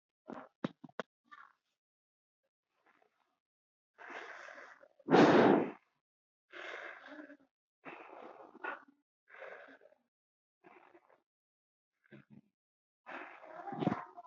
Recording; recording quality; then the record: shallow breathing; moderate, slight background noise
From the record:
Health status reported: healthy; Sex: female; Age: 21 years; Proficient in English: yes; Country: India